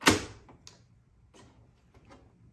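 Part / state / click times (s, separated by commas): toner cartridge into imaging drum unit / seated / 0.1 s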